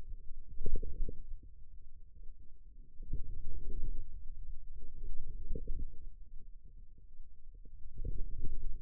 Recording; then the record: forearm muscle sounds (acoustic myography)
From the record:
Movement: ulnar deviation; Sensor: system 2, bracelet of six BSWA MPA416 microphones around the upper forearm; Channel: 2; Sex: male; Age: 22 years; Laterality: right